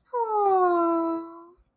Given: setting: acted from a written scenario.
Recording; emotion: vocal sound without words; adoration